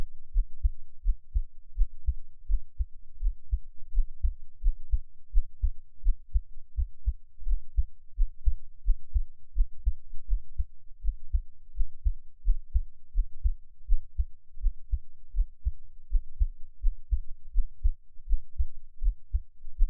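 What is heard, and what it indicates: Steady, deep, muffled thumps repeat throughout, roughly 80 a minute, with no other sounds over them and no talking. This is an adult heartbeat picked up with an NT5 microphone held against the chest, offered as ASMR for relaxation listening.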